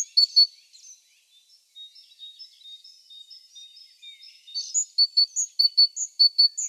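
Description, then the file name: Great tit with one brief ringing phrase at the start, quiet scattered twitters in the middle, then repeated high-and-low phrases resuming over the last two seconds. "Parus major"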